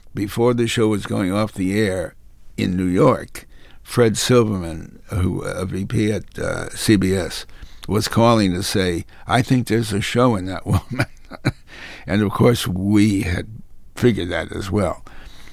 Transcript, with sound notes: before the show was going off the air in New York, Fred Silverman, who - a VP at CBS, was calling to say, I think there's a show in that woman (laughter). And of course we had figured that as well.